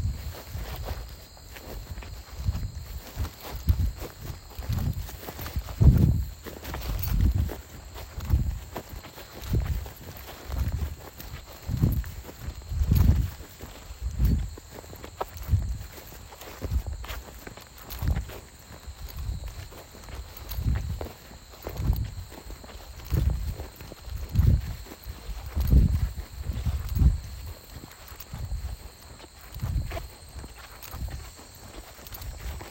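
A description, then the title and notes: Footsteps trek steadily through the forest, each step a soft low thud repeating about once per second for the whole stretch. Faint rustling crunch sits between the steps, and a thin steady high hiss runs underneath throughout. A quiet trek through the forest.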